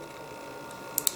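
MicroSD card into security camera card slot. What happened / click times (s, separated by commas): A small card pressed into a spring-loaded slot clicked and latched in / 1.0 s, 1.1 s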